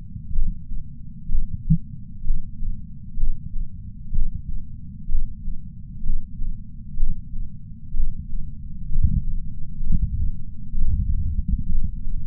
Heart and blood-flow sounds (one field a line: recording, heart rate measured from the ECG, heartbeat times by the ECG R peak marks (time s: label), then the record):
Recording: heart sounds by patch sensor on the chest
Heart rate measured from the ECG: 63 bpm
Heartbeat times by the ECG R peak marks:
0.32 s: heartbeat
1.28 s: heartbeat
2.24 s: heartbeat
3.16 s: heartbeat
4.12 s: heartbeat
5.08 s: heartbeat
6.03 s: heartbeat
6.96 s: heartbeat
7.93 s: heartbeat
8.89 s: heartbeat
9.80 s: heartbeat
10.74 s: heartbeat
11.68 s: heartbeat
From the record:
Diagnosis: coronary artery disease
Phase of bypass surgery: preoperative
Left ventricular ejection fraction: 64%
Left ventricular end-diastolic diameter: 46 mm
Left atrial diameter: 41 mm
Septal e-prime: 5 cm/s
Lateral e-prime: 6 cm/s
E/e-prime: 12.5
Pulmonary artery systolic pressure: 30 mmHg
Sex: male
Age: 62 years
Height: 165 cm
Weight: 72 kg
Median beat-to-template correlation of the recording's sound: 0.93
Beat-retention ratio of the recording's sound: 0.99